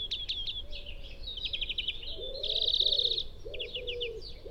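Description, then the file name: European greenfinch song: quick twittering trills, a loud drawn-out buzzy trill, then more trills, over background noise. "Chloris chloris"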